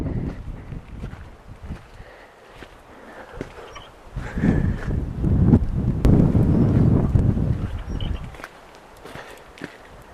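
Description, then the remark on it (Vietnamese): Wind blows in a steady low rumble that swells louder midway and then eases, with soft footsteps scuffing along underneath and no one speaking, in an abandoned ghost town in the United States. “Nghe tiếng các bạn. Gió thổi.”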